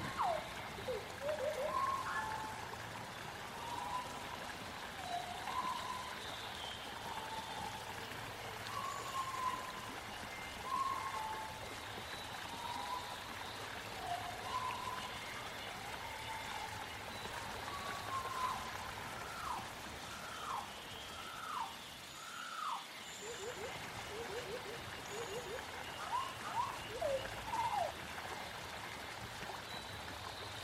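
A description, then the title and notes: A prehistoric forest soundscape: a steady bed of trickling, rushing water runs throughout, dotted with short chirping calls. Around 18–23 seconds a run of swooping, hooked cries stands out, followed by a low thump and a quick burst of rapid clicks. Jurassic world ambience |prehistoric forest | dinosaur sounds.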